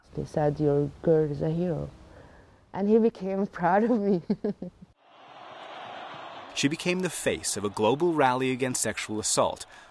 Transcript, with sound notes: They said, your girl is a hero. And he became proud of me.
(LAUGHTER) She became the face of a global rally against sexual assault.